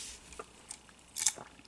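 A plastic accessory peg is handled at one of the ports on a plastic toy robot lion (the Voltron 84 Classic Legendary Red Lion), with light plastic taps and rubs around 0.4 s, 0.7 s and a louder pair near 1.2–1.3 s. The clip ends just before the peg goes home, so nothing has seated or clicked yet.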